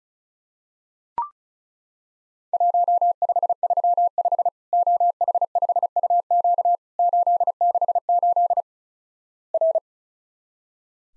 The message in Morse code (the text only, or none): 1535 OH5UQ 868 R